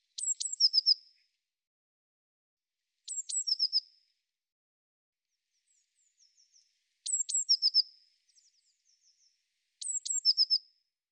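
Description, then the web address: Eurasian blue tit giving its call four times: paired high thin notes leading into a brief rapid trill, with faint soft chips between phrases. "Deverinetal"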